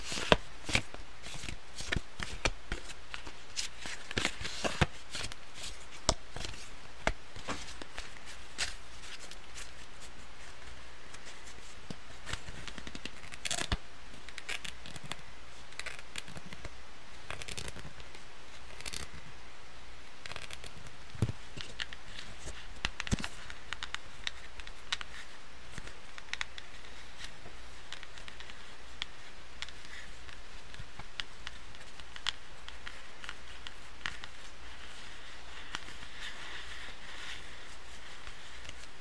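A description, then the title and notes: Dry tapping and scratching on cards, with a dense flurry of sharp clicks in the first fifteen seconds that thins into sparser, irregular taps. A soft, steady hiss sits underneath, and there is no voice. Card shuffling, tapping, tuk tuk noises, riffling. Tapping, Scratching, Card Shuffling.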